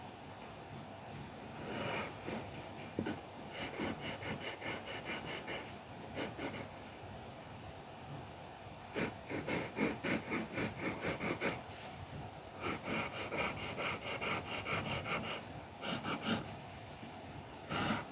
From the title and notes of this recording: Soothing sounds of colouring pencil work and paper massage.